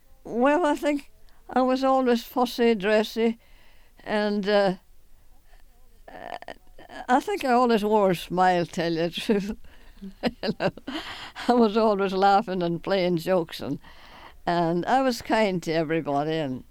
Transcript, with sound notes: Well, I think I was always fussy dressy, and, uh, I think I always wore a smile, to tell you the truth. ( she laughs ) I was always laughing and playing jokes, and I was kind to everybody, and